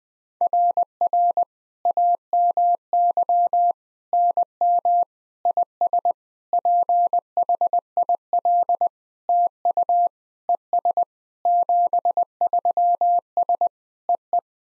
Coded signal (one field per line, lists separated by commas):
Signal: Morse code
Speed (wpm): 20 wpm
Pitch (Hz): 700 Hz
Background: none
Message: RR AMY NM IS PHIL TU ES 73S EE